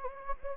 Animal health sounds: mosquito wingbeat signal from an infrared sensor; Anopheles gambiae

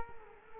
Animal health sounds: mosquito wingbeat signal from an infrared sensor; Culex quinquefasciatus

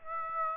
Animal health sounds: mosquito wingbeat signal from an infrared sensor; Aedes aegypti

